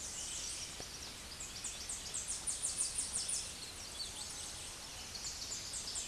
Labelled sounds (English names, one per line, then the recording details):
Tennessee Warbler song
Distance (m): 20 m
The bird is about 15 m above the microphone
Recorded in a Pennsylvania forest on 16 May 2024 at 08:35
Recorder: AudioMoth, point MSD-0827
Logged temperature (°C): 12.1 °C
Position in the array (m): 113 m, 188 m